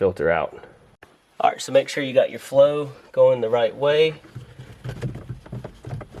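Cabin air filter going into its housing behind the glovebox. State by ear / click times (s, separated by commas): not seated / none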